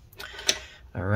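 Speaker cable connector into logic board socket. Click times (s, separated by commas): 0.5 s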